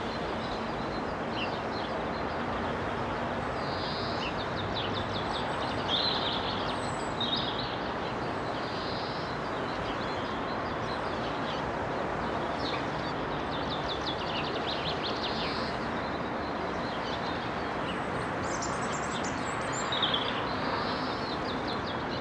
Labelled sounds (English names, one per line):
Common Chaffinch song